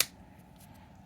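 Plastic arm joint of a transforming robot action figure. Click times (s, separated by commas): 0.0 s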